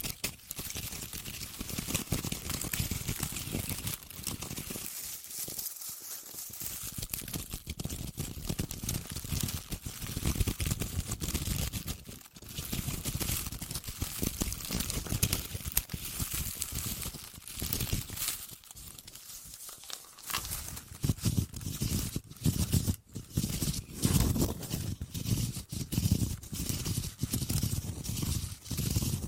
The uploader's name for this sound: Deep Ear Crinkles, Clicky, Scratchy, Massage